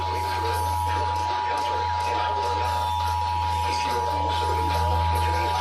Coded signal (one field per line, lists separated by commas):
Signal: Emergency Alert System (SAME) tones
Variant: 853 and 960 Hz attention tone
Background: speech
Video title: Required Monthly Test EAS-The Great Washington Shakeout drill(10-21-2021)